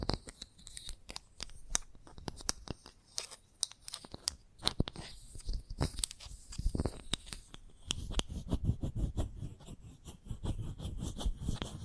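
Chalk taps and scratches against a hard surface in quick, uneven bursts, with sharp clicks scattered throughout. Short scraping strokes come and go, growing denser and more continuous after about eight seconds, when a rougher, grinding scratch takes over.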